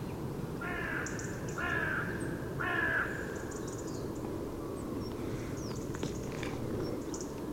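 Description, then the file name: Carrion crow giving three harsh, hoarse caws about one second apart, followed by faint higher sounds over steady low background rumble. "Corvus corone"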